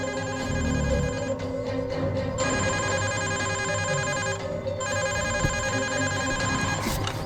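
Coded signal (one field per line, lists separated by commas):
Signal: none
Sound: a telephone ringing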